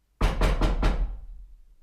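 knocking on a door

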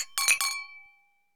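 glasses clinking

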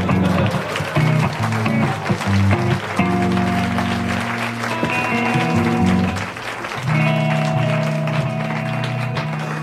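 audience applause

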